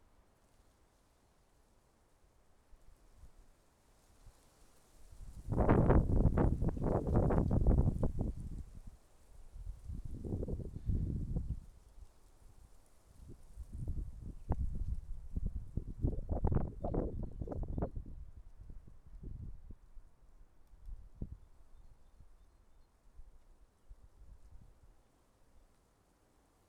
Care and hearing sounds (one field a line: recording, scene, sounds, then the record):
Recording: everyday scene through a hearing-aid microphone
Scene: wind on the microphone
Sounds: wind, traffic, birds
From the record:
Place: suburban garden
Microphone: behind the ear, left, rear